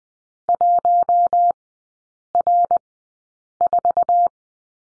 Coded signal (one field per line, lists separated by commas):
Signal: Morse code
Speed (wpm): 20 wpm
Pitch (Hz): 700 Hz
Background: none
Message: 1R4